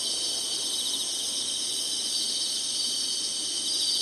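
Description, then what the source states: Insect chorus of dense, shrill, continuous trills holding an even loudness throughout. Singing, in summer.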